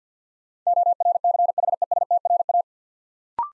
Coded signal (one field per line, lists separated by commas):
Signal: Morse code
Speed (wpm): 46 wpm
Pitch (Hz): 700 Hz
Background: none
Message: ORCHESTRA